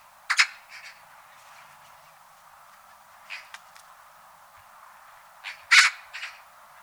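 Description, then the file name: Eurasian magpie giving harsh, rasping calls, a loud pair at the start and another loud burst near the end, with fainter chatter notes between. "Pica pica"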